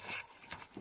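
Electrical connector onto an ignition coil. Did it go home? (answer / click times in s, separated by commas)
no / none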